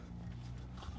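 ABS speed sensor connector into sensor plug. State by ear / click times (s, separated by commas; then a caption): not seated / none. The plastic electrical connector on a rear ABS wheel speed sensor harness is handled near the sensor plug, with a steady low hum and faint rustling but no sharp sounds over about 1.1 seconds. Nothing has seated or clicked yet.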